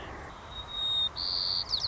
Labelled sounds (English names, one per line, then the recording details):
White-crowned Sparrow
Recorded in Sonoma County, California